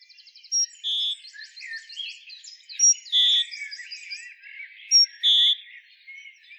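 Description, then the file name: Great tit giving a high, clear two-note phrase, a brief thin note then a longer steady lower whistle, repeated about every two seconds over rapid buzzy trills. "Parus major"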